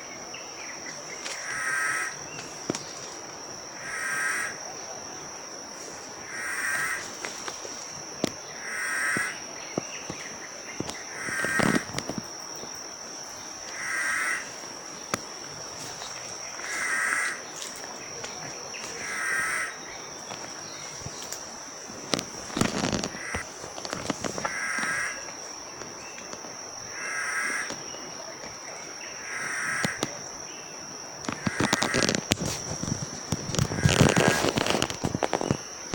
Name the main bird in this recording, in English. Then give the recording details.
Willard's Sooty Boubou. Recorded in Bwindi, Uganda